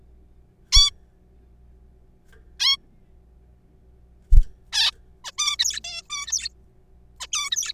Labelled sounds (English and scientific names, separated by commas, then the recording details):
Zebra Finch (Taeniopygia guttata)
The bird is a juvenile
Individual R3428